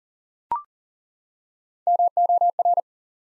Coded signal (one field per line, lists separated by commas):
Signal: Morse code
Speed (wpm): 41 wpm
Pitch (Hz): 700 Hz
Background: none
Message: MOR